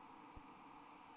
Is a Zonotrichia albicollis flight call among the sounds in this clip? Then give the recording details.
no. No flight call is heard. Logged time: 00:35 on 30 November 2014